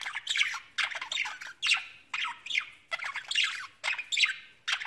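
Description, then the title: Budgerigar chatter: scratchy warbling phrases with squawky notes, in rapid bursts. "Budgie Sounds"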